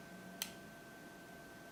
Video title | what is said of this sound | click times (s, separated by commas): Camera Care | so once you hear that click you're good to go | 0.4 s